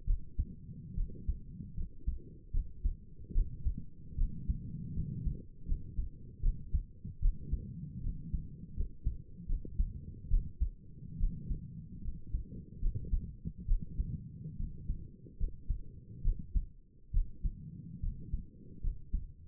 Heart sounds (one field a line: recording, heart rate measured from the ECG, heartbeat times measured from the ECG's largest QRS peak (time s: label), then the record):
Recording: heart sounds by stethoscope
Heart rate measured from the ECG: 74 bpm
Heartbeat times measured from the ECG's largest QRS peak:
0.07 s: heartbeat
0.96 s: heartbeat
1.76 s: heartbeat
2.53 s: heartbeat
3.34 s: heartbeat
4.17 s: heartbeat
4.95 s: heartbeat
5.67 s: heartbeat
6.42 s: heartbeat
7.21 s: heartbeat
8.03 s: heartbeat
8.76 s: heartbeat
9.48 s: heartbeat
10.30 s: heartbeat
11.19 s: heartbeat
12.03 s: heartbeat
12.81 s: heartbeat
13.67 s: heartbeat
14.58 s: heartbeat
15.39 s: heartbeat
16.23 s: heartbeat
17.13 s: heartbeat
18.02 s: heartbeat
18.82 s: heartbeat
From the record:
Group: healthy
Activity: rest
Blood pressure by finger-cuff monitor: 93/60 mmHg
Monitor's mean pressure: 70 mmHg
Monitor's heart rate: 72 bpm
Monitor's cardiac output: 5.8 L/min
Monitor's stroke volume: 79 mL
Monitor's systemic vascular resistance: 850 dyn s/cm5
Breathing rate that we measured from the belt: 18 breaths a minute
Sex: female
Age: 22 years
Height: 163 cm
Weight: 67.1 kg